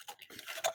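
A wiring harness connector is pressed at the release button on its forward-facing side and pulled back off an ignition coil pack on a Subaru EZ30 H6 engine. A few faint ticks come first, then a sharper, louder click at 0.7 s as the connector releases and comes off, the first of the coil pack connectors.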